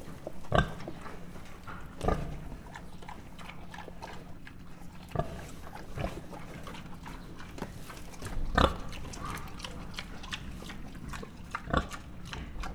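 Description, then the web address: Mangalica pig grunting in short, abrupt snorts scattered every few seconds, roughly six in total, against a low continuous hum. Standard Mangalica pig grunting, recorded close up at Miskolc Zoo in 2009. "allathangok miskolcizoo 2009 standardt mangalica rofogeskozelrol"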